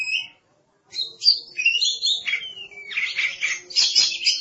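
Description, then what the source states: Oriental magpie-robin song with a brief note, a pause, then a dense run of sliding whistles and harsh scratchy chirps. Kacer song.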